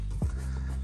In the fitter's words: and when you do that it locks back neatly in place now I